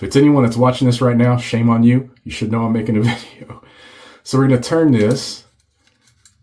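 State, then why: Released. Someone talks while turning the rotating blade head of a SUPPLY SE Max single-edge safety razor to open it and expose the blade. After the talking stops, a few faint ticks lead to a small, sharp click at about 6.3 s as the head reaches its open position, and the razor head is released open.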